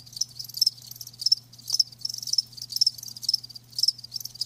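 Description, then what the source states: Crickets giving high chirping bursts in quick succession, separated by brief quiet gaps, with a soft low hum throughout. Crickets chirping with a lulling song.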